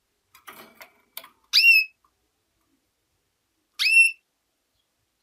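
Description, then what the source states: Canary with two bright rising whistled notes and the start of a third, preceded by a few soft rustling clicks. Female.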